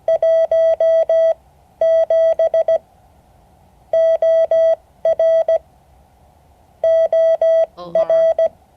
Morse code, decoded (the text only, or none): 17 OR OR